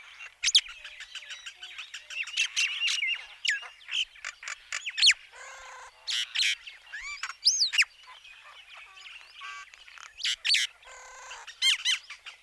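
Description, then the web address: Common myna song: a varied jumble of whistles, gurgles, clicks and harsh chattering notes, with looping whistled phrases interspersed between bursts of rapid clicks. "Schulze Peter Common Myna song"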